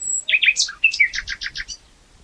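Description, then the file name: Common nightingale song phrase: a high thin whistle, quick varied chirps, then a run of four rapid repeated notes before fading. "Luscinia megarhynchos"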